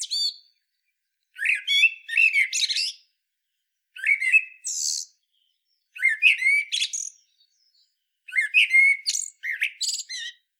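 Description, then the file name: Common blackbird song: the tail of one phrase, then four short phrases, each opening with mellow fluted notes and ending in a squeaky, scratchy twitter, separated by brief pauses. "Turdus merula"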